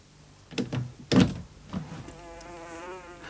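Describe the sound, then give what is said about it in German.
A few sharp knocks and rattles, then a housefly buzzes steadily as it slips outside, its thin, wavering drone rising and falling in pitch at a fairly low level. No one speaks. “Oh, Wetter, da gebe ich nicht acht und meine Fliege schlüpft hinaus.”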